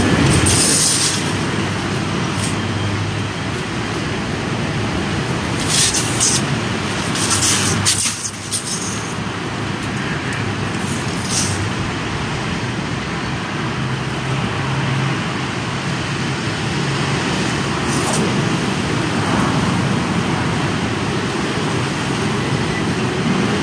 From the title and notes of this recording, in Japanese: とある梅雨入りの強風。風のものすごく強い日がありましたね。